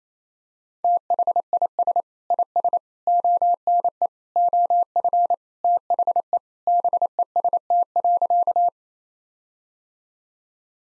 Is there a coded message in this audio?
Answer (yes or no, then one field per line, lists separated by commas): yes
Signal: Morse code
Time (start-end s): 0.8-8.7 s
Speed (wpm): 28 wpm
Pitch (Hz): 700 Hz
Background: none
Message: THIS IS ONE OF THE BEST.